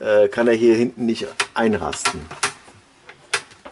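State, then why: Seated. Someone talks for the first part of the clip, after a large operating-manual folder had kept the cabinet door in a 2018 Carado caravan interior from latching at the back. The cabinet is then closed again, and a loud click at 3.3 s shows the door latch has seated.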